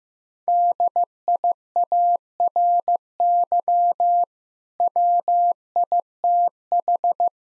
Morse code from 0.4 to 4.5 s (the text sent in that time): DIARY